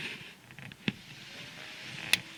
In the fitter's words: Hear the click, and now it's on there.